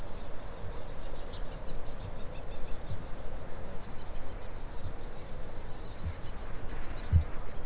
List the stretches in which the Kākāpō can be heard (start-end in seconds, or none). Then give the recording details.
5.84-7.33. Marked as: faintness 4/5. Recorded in New Zealand. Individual Stumpy